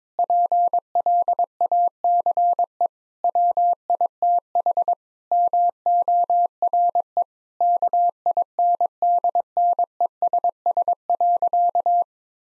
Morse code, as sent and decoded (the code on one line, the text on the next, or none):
.--. .-.. .- -.-. . / .-- .. - .... / -- --- .-. . / -.- .. -. -.. -. . ... ... .-.-.-
PLACE WITH MORE KINDNESS.